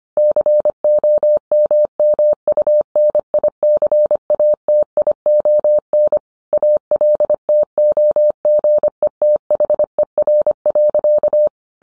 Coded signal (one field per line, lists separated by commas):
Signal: Morse code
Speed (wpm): 25 wpm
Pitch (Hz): 600 Hz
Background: none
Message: COMMUNICATION ALTOGETHER.